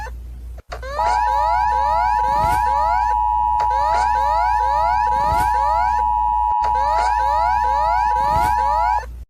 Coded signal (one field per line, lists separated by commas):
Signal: Emergency Alert System (SAME) tones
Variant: 853 and 960 Hz attention tone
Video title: GALAPAGOS ISLANDS EAS ALARM 🇪🇨